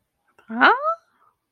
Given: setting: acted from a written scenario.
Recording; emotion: vocal sound without words; confusion